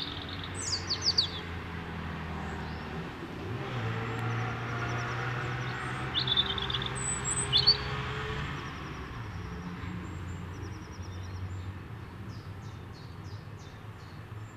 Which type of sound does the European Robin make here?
song